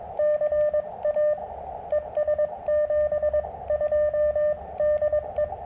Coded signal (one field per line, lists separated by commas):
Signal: Morse code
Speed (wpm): 21 wpm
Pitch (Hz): 600 Hz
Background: radio noise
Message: CA ES 72 DE